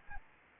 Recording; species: mosquito wingbeat signal from an infrared sensor; Anopheles arabiensis